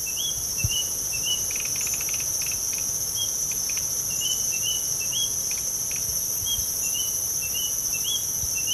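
White-starred robin giving quick series of thin, upward-slurred whistles, nearly continuous, beneath a steady buzzing chorus of insects.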